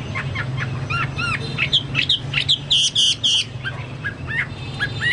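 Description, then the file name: Chinese hwamei song: a busy run of varied short whistled notes, looping upward slurs and bright chips in quick succession, over a steady low hum. "hwamei-2-omkicau"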